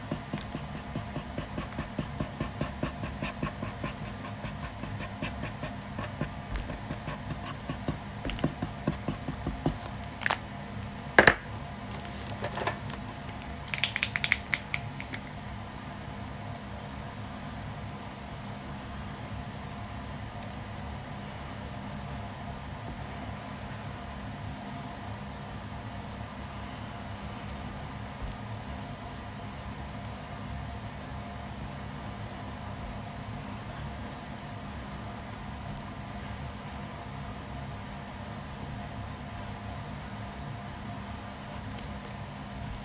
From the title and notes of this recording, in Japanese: 生活音 27分 お絵描き。